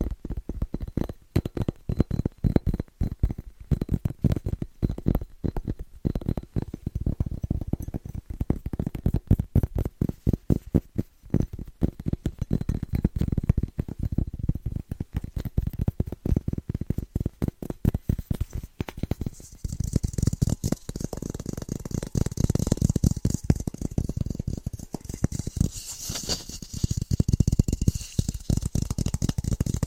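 Fast, rhythmic tapping runs through the whole clip as a dense stream of short, crisp hits, often blurring into rapid bursts. The taps carry a low, thumpy body, and after about 19 seconds a brighter, hissy scratching joins in, growing most prominent near 26 seconds.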